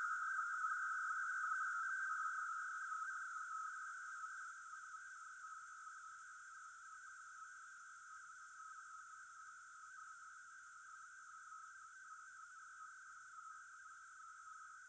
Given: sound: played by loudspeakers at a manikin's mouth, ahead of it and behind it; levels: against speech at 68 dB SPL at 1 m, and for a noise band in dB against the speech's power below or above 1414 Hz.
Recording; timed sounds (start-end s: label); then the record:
test signals for a remote microphone
0.00-14.89 s: noise band at 1414 Hz, as loud as that band is in speech
From the record:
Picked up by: remote microphone B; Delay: 24 ms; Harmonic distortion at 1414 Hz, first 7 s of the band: under -43 dB